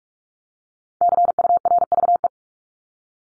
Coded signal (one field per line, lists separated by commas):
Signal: Morse code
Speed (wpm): 44 wpm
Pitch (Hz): 700 Hz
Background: none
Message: CURVE